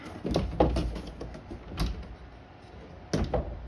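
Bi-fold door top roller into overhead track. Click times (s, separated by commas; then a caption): 0.6 s. A replaced top roller on a bi-fold closet door is pushed up into the overhead metal track and snaps into place with a sharp click at 0.6 seconds, so the roller is seated. Soft knocks come just before and after it. More sliding and knocking sounds from the door follow near 1.8 and 3.1 seconds.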